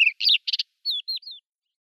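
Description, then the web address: Crested lark giving a short series of notes: a sharp chirp, two buzzy rattles, then three clear descending whistles, followed by silence. "Schulze Peter Crested Lark song"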